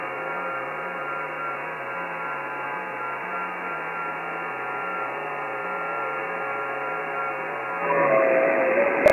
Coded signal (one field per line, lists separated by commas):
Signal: FT8